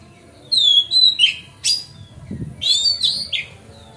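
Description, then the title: Magpie-robin singing short sweet whistled notes and a buzzy chip, two brief phrases with a pause and faint low rumble between. Masteran (training song) recorded on a terrace. "Kacer Masteran Teras"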